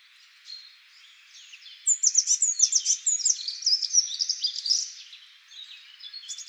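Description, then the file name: Eurasian blue tit giving a rapid run of high, thin chattering call notes for about three seconds, quieter scattered notes before and after. "Cyanistes caeruleus"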